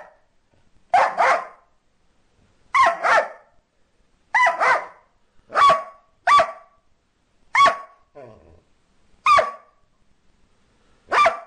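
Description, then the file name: Dog barking, sharp barks often in quick doubles, a burst every one to two seconds, with short silences between. "Cachorro"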